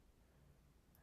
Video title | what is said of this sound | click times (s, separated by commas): Crimping JST-XHP, DuPont & JST-SM connectors PROPERLY & EASILY! | and then you push it you will hear it click | 1.0 s